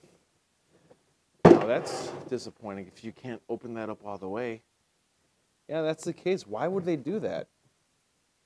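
The hinged lid of a plastic storage case is handled as someone opens it, and it does not yet go all the way open. A brief thunk at about 1.4 s comes just before someone talks at length. The lid has not locked into its open position, and nothing has seated or clicked yet.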